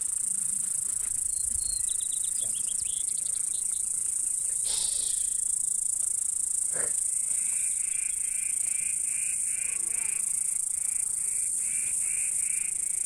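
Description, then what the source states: Crickets keep up a steady, high-pitched continuous trill throughout, while birds add scattered chirps and a rhythmic series of short whistled notes. Crickets recorded together with birds in Montana in 2013.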